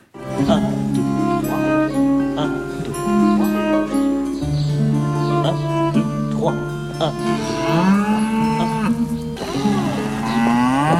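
A cow that has burst into a courtyard during a dance and music lesson moos loudly several times, long low drawn-out calls rich in harmonics, one swooping upward in pitch toward the end, with barely a pause between them.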